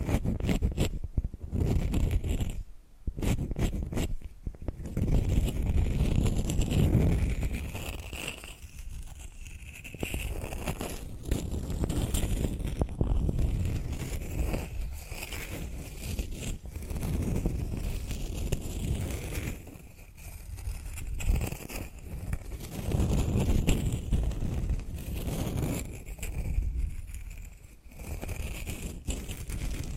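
Tapping and scratching sounds over a heavy, rumbling low layer. A flurry of quick taps and scrapes fills the first five seconds, then dense, uneven scratching continues with brief near-silent gaps around 3, 13 and 20 seconds.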